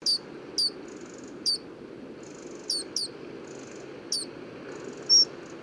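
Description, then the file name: Eurasian wren giving hard ticking calls, short sharp notes in an irregular pattern with faint buzzy sounds between them, over a steady rushing background. "Troglodytes troglodytes"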